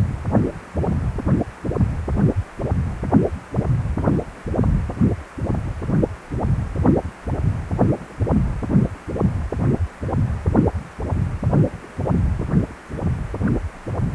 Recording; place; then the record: Doppler ultrasound of blood flow; precordium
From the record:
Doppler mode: continuous wave and pulsed wave in the uncut recording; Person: healthy adult, 18 to 50 years, no heart murmur, not diving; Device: 2.5 MHz transducer